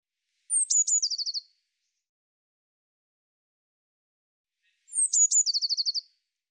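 Eurasian blue tit calling twice: each call opens with very high, thin descending notes, then runs into a quick buzzy trill of repeated notes. Silence between calls.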